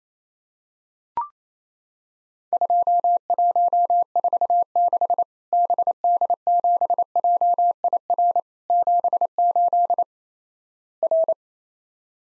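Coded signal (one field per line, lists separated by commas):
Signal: Morse code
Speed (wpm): 28 wpm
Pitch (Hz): 700 Hz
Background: none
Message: 2146 BD7JIR 78 R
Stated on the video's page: Practice drill of Worked All Europe DX Contest QTC exchanges in Morse code at 28 wpm, each sent twice.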